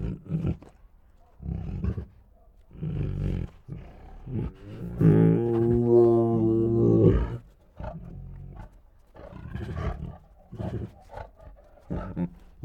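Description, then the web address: Tigers growling in low, rumbling bursts a second or two apart, with one longer, louder harmonic moan in the middle. Two tigers making grumbly growls and moans. "Sound Ideas Tigers Sound Effects Two Tigers Make Grumbly Growls and Moans"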